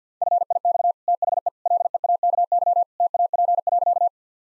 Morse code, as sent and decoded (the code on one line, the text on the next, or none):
..-. .. -..- / - .... . / .-.. . .- -.- -.-- / - .- .--. .-.-.-
FIX THE LEAKY TAP.